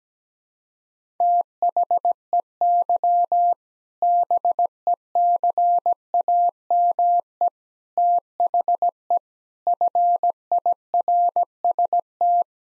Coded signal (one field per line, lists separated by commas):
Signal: Morse code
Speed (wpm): 17 wpm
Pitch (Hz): 700 Hz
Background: none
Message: THEY BECAME THE FIRST